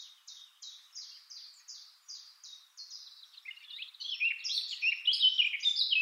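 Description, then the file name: Eurasian blackcap song: evenly spaced sharp notes lead into a loud, rich fluty warble that fills the final seconds. "Sylvia atricapilla"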